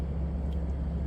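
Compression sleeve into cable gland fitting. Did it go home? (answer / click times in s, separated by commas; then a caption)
no / none. A red plastic compression sleeve is pushed onto a cable gland connector fitting, before the nut is tightened, during a solar and lithium install on a Momentum toy hauler. A steady low rumble, like an idling vehicle, fills the whole clip with no distinct hits. Nothing has seated or clicked yet.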